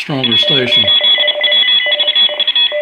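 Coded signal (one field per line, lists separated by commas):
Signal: Morse code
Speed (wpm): 31 wpm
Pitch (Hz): 3350 Hz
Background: speech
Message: W8WVU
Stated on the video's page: Morse heard during the SS test, received on an IC-7610 and an IC-7300 with AGC off; the 7610 shows distortion products.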